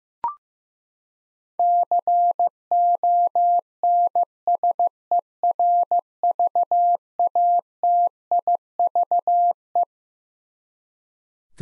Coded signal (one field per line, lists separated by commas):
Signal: Morse code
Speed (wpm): 15 wpm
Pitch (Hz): 700 Hz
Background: none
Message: CONSERVATIVE